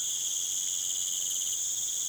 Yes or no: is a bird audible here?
no